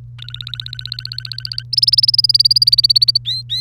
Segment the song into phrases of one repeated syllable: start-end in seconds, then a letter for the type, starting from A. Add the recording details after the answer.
0.18-1.63 A, 1.73-3.18 B, 3.25-3.60 C. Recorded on 1 May 2018 at 06:07. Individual llb3